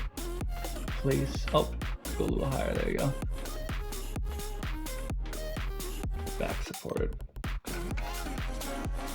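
A module with gold edge contacts is handled and pushed toward its slot while music plays in the background and someone talks. Nothing has seated or clicked yet by the end of the clip.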